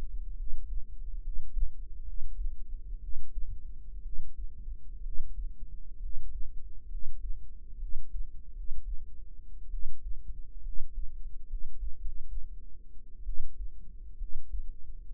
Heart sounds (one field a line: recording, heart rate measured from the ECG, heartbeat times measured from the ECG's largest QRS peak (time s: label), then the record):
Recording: heart sounds by microphone in the right ear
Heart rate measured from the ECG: 65 bpm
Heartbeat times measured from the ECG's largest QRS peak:
0.34 s: heartbeat
1.19 s: heartbeat
2.02 s: heartbeat
2.98 s: heartbeat
4.00 s: heartbeat
5.00 s: heartbeat
5.97 s: heartbeat
6.86 s: heartbeat
7.76 s: heartbeat
8.51 s: heartbeat
9.68 s: heartbeat
10.60 s: heartbeat
11.45 s: heartbeat
11.97 s: heartbeat
13.23 s: heartbeat
14.16 s: heartbeat
15.09 s: heartbeat
From the record:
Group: healthy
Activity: rest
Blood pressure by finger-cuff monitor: 106/70 mmHg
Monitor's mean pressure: 81 mmHg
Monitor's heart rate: 67 bpm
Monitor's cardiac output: 5.4 L/min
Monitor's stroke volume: 82 mL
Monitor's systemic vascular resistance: 1100 dyn s/cm5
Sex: female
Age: 22 years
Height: 171 cm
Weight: 65.6 kg